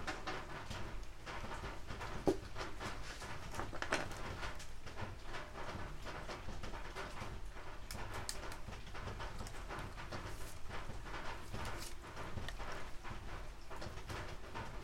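Cold, gentle rain falls in a steady, dense patter, with brief brighter ticks of drops scattered throughout and a low rumbling hum underneath.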